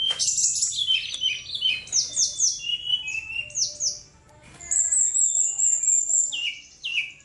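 Bird song: rapid high chirps and downward-sweeping whistled notes, a pause, then a long thin high trill followed by falling slurred whistles.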